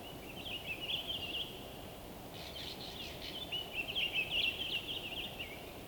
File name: WINTER Forest day blissful bird song resonating through the frozen wood North Laurentian Woods Canada LOOPLR